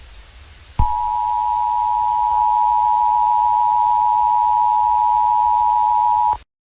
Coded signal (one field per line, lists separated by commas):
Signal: Emergency Alert System (SAME) tones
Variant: 853 and 960 Hz attention tone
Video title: Eas Scenario #5 Washington Tornado outbreak